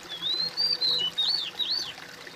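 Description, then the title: Bird song: sliding whistled notes in a flowing phrase ending in two looping swoops, with low background hiss. "kOMPILASI suara bird"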